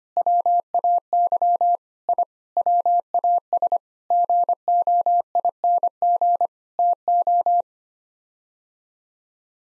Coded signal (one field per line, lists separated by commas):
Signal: Morse code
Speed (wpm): 25 wpm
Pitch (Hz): 700 Hz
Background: none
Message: WAY I WAS GOING TO